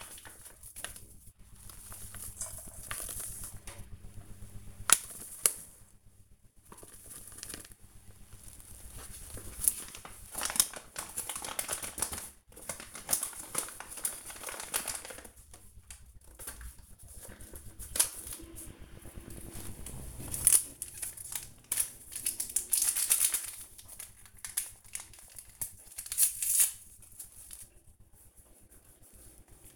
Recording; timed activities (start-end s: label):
household activities, microphone on the right wrist
0.00-29.76 s: baking